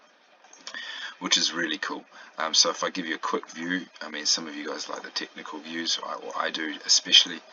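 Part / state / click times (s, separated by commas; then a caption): locking knob on a clip-on mount / seated / 0.7 s. A locking knob on a clip-on mount is pushed down and clicks into place with a short, sharp click at 0.7 s, locking the mount. Someone then talks for the rest of the clip.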